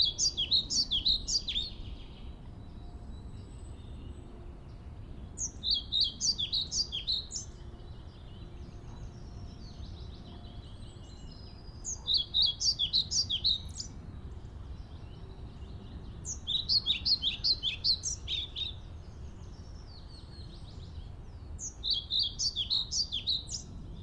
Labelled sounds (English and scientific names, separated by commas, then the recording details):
European Pied Flycatcher (Ficedula hypoleuca)
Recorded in the wild
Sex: male
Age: adult
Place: Schönow, Naturpark Barnim, Brandenburg, DE
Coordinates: 52.6811, 13.5019
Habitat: decidous forest
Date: 2013-05-01
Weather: sunny, windless, 10°C
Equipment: Sound Devices 702, Sennheiser MKH 70, Rycote Windschutz
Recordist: Frommolt, Karl-Heinz